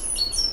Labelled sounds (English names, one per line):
Stitchbird song